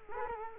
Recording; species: mosquito wingbeat signal from an infrared sensor; Culex quinquefasciatus